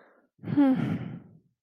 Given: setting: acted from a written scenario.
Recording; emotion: vocal sound without words; neutral